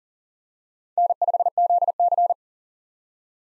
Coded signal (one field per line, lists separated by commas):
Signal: Morse code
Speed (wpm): 40 wpm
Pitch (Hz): 700 Hz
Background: none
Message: N5ZC